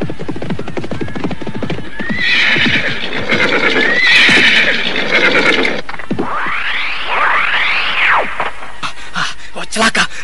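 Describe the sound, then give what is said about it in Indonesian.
A horse ridden at a gallop toward the listeners whinnies loudly in several shrill, wavering calls, rising and falling in pitch, over a steady rhythmic clatter of hooves throughout. “Penunggang kuda melarikan kudanya ke arah tempat kita.”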